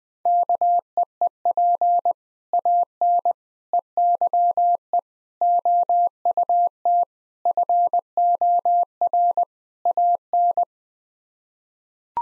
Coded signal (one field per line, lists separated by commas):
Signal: Morse code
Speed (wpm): 21 wpm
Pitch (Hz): 700 Hz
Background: none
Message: KEEP AN EYE OUT FOR AN